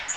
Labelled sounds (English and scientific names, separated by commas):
Magnolia Warbler (Setophaga magnolia) flight call